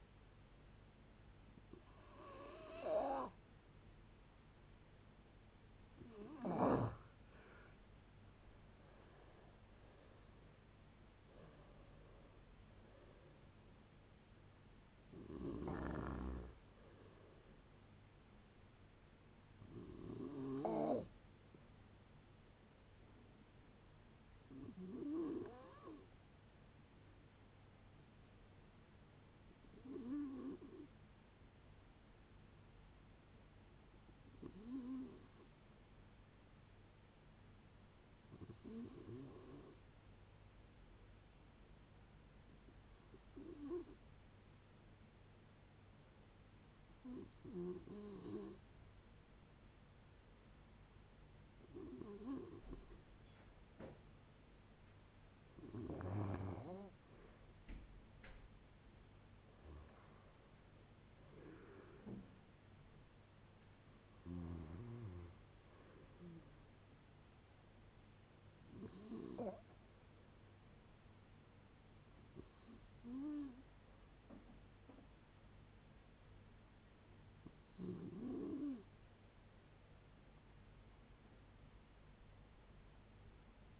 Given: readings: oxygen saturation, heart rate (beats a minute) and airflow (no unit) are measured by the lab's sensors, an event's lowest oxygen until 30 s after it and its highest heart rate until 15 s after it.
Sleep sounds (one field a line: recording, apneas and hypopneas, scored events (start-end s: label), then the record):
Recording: a person awake in a sleep study, by a voice recorder at the bedside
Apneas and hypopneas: none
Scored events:
0.00-83.80 s: awake
0.00-83.80 s: awake
From the record:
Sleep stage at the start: awake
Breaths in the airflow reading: 40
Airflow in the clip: -0.6 to 0.7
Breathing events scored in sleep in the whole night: 496 in 5.4 hours asleep